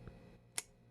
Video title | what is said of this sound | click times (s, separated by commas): Ferum Forge Falcon Review Good and Bad | pop right back out once it's in there it's in there you hear that | 0.6 s